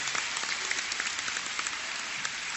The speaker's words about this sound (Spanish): Pero un fuerte aplauso, compañeros, para don Pablo González Casanova.